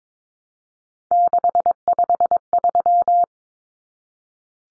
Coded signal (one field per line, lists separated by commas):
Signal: Morse code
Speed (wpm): 22 wpm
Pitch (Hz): 700 Hz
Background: none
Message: 653